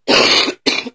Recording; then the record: coughing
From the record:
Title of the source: 61 morning phlegmy cough...again